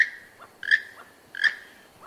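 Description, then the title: Keel-billed Toucan song: rasping, croaking creaks at a steady pace, each trailing into a short low note. Black body, yellow patch from face to breast, huge rainbow-coloured bill; eats mostly fruit; moves in groups of 6 to 30 birds; uses beak for duelling and for regulating body temperature in tropical heat. "Rainbow-Billed Toucan: The Flying Banana"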